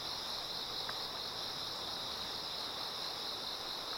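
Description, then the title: Insect chorus of continuous shrill buzzing that never pauses, layered on a steady hiss of running river water. Many insects singing in chorus beside a slowly flowing river. "流れる川の音、虫の歌声に身を任せて"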